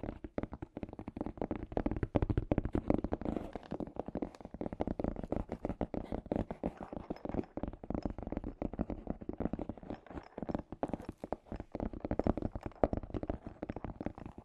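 Scratchy tapping runs continuously, dense rapid clicks and scrapes with a low rumbling body and occasional brighter bursts around eleven seconds.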